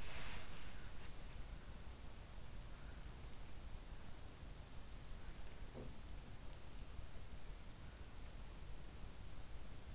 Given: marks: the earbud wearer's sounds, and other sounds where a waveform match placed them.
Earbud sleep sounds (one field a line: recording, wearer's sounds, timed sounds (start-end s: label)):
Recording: sounds in sleep by an in-ear microphone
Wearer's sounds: breath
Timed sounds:
0.00-0.47 s: breath